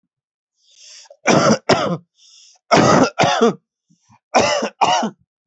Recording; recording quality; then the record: heavy voluntary cough; excellent, no background noise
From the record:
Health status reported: healthy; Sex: male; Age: 32 years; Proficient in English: yes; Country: India